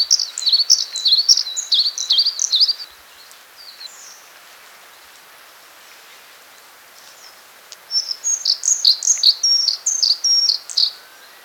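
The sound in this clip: Blue-capped redstart singing high, tinkling phrases of quick alternating notes, one burst at the start, a pause of several seconds, then a second similar burst.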